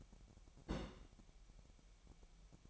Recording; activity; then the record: daily activity, microphone in the room; place on stove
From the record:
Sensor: 1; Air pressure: 1012.1 hPa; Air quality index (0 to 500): 221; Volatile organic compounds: 5 ppm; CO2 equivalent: 1768 ppm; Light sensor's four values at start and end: 65/156/65/68 and 66/157/66/68